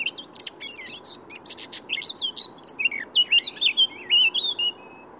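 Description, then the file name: Eurasian blackcap song, a fast scratchy chatter of high notes that turns into louder, clear fluty warbled phrases rising and falling over about five seconds. "Sylvia atricapilla"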